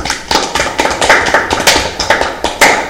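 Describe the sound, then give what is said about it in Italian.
Applause from a small group at a dinner gathering, steady overlapping claps filling all three seconds at a lively, even pace, with a few sharper individual claps standing out. No voices are heard. “Applauso.”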